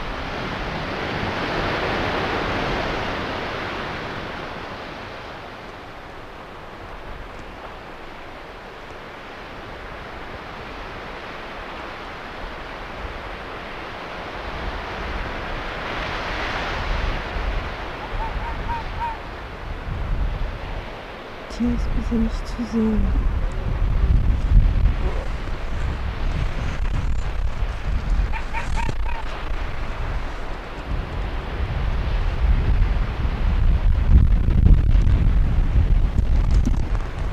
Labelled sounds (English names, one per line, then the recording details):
Arctic Fox
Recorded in the wild
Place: Insel Mednyi, Kommandeur-Inseln, RU
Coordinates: 54.5167, 168.083
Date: 1999-07-09 19:41
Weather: 9°C, Westwind
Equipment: Sony WM-D6C, Sennheiser ME 80, K 30 AV, Windkorb, Kopie Sony TCD-D8
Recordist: Jakupi, Antje